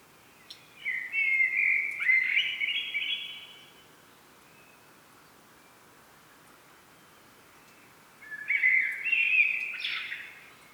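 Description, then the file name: Common blackbird song: two mellow warbling phrases with twittering high endings, separated by a long quiet pause. "Turdus merula"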